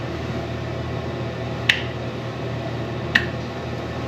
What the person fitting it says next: Okay, I heard it unlock.